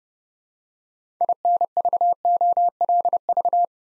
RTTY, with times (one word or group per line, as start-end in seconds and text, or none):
none